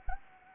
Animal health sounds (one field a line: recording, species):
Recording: mosquito wingbeat signal from an infrared sensor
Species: Anopheles gambiae